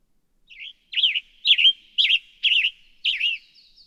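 Western tanager song of five or six rough, burry phrases, each slurred up and down, delivered at a steady pace of roughly two per second, no other sounds.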